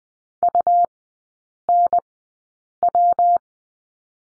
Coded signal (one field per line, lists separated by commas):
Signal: Morse code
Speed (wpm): 20 wpm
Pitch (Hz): 700 Hz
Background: none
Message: UNW